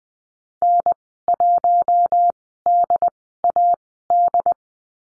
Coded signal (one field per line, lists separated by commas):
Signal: Morse code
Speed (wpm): 20 wpm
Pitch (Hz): 700 Hz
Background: none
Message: N1DAD